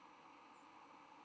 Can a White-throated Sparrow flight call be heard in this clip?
yes